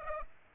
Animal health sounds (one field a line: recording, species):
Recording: mosquito wingbeat signal from an infrared sensor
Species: Aedes aegypti